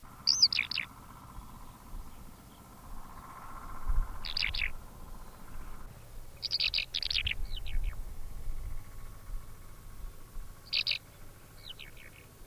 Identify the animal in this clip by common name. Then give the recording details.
Eurasian Skylark. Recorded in the wild. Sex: male. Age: adult. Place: Erlangen, OT Schallershof, Bayern, DE. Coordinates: 49.5792, 10.9736. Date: 1963-05-01. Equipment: Stellavox SM 5, Vollspur, Nagra. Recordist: Tretzel, Erwin